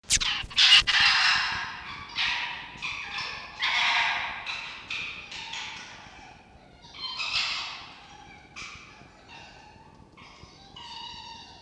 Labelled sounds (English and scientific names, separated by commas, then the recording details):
Red Fox (Vulpes vulpes)
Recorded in captivity
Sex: male
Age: diverse
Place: Zoologisches Institut der HUB, Berlin, DE
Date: 1952-11-20 18:15
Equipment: Elmetra
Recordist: Tembrock, Günter